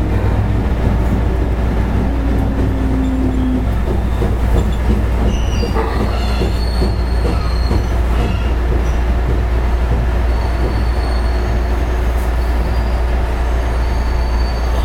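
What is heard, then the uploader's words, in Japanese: Steady interior rumble of a running electric train, deep and continuous, with brief high wheel squeals and faint tones drifting through. JR西日本 221系。221系電車の走行音。環状線外回り 大阪から天王寺までです。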